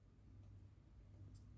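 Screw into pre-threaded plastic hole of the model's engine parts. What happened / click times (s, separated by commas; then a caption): Handled, not yet home: no seating click, only low hum and a faint tick / none. A screw is turned backwards with a screwdriver in a pre-threaded plastic hole on the engine parts (water pump and alternator) of a 1:8 scale Centauria Audi quattro model kit, so its thread drops into the already-cut thread before screwing in. Only a steady low hum with faint light handling noise is heard, and no distinct sound stands out. Nothing has clicked or seated yet.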